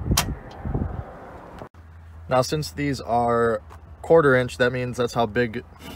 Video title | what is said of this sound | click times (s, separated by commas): Dodge Ram License Plate Mount Installation Video | push in until you hear it click do the same for the second one | 0.2 s